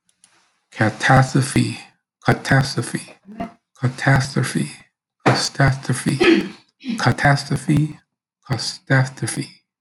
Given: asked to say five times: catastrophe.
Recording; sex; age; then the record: repeated word; male; 50 to 59 years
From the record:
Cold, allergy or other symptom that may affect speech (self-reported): no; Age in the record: 58 years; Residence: New Jersey, United States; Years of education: 16